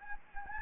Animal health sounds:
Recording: mosquito wingbeat signal from an infrared sensor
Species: Anopheles gambiae

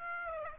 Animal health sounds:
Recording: mosquito wingbeat signal from an infrared sensor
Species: Aedes aegypti

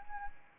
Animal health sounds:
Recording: mosquito wingbeat signal from an infrared sensor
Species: Anopheles arabiensis

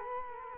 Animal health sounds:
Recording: mosquito wingbeat signal from an infrared sensor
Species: Culex quinquefasciatus

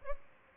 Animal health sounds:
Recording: mosquito wingbeat signal from an infrared sensor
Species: Aedes albopictus

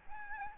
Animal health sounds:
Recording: mosquito wingbeat signal from an infrared sensor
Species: Aedes albopictus

